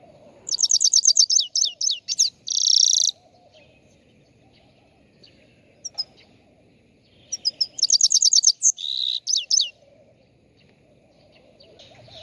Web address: el canto matutino del chegolin en el tejado de casa